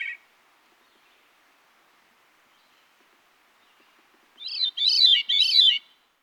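Veery singing a few rolling, ringing phrases after a long silence, with only a brief fragment of an earlier phrase at the start.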